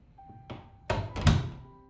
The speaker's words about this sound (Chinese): 他原本是想找点水喝的，没想到听到了浴室的开门声。